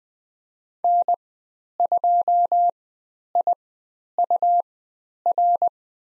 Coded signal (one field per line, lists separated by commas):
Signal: Morse code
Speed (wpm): 20 wpm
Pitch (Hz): 700 Hz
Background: none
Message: N2IUR